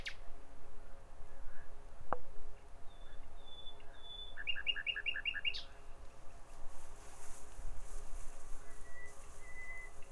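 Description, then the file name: Common nightingale song, fairly quiet: a few thin whistles, then a brief fast trill of paired notes midway, with later sustained whistles over a steady background hiss. "Nachtigall"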